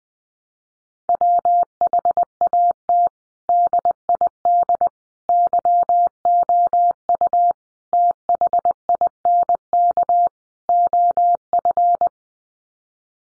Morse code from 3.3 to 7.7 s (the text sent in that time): DID YOU